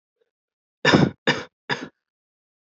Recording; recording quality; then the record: shallow voluntary cough; excellent, no background noise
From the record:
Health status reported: healthy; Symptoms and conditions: none ticked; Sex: male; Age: 23 years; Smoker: not ticked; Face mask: not worn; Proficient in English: yes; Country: India